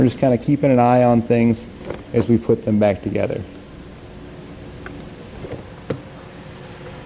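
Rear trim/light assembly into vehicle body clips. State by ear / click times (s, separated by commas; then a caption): not seated / none. Someone talks while tucking the diode wiring of a Roadmaster 4-Diode Universal Wiring Kit for towed vehicles out of the way behind the removed driver-side rear trim/light assembly on a 2021 Buick Encore GX. The rear piece is then handled against the vehicle body's plastic clips, with quiet rustling and brief sharp taps around 4.9, 5.9 and 7.1 seconds. Nothing has seated or clicked into place yet.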